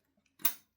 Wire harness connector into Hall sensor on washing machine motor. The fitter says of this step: I'm going to connect this first. Make sure it clicks